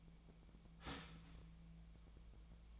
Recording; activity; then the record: daily activity, microphone in the room; start toaster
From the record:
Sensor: 1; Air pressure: 1009.3 hPa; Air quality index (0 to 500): 195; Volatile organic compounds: 19 ppm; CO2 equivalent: 2662 ppm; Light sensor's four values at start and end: 27/69/29/34 and 27/69/28/34